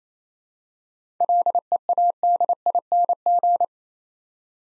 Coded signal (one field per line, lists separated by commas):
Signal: Morse code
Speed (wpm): 27 wpm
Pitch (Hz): 700 Hz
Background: none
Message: LEADING